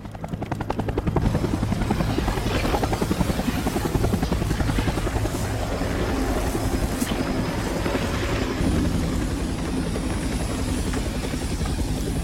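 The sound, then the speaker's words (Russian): A helicopter runs steadily throughout, its low rotor thumping in a fast, even pulse beneath a broad engine whine and hiss, loud and unbroken for the whole stretch, as Alpha team loads into it. “Альфа грузится в вертолет.”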